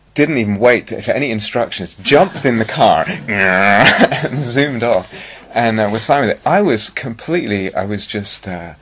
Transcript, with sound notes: didn't even wait for any instructions, [laughter] jumped in the car, nnnnnyoooom, and zoomed off and was fine with it. I was completely -- I was just